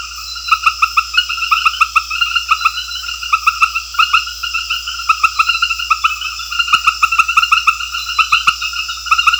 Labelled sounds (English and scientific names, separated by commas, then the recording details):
none
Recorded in secondary vegetation near Puerto Asís, Putumayo, Colombia, on 8 March 2025 at 21:00
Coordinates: 0.498, -76.327
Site G001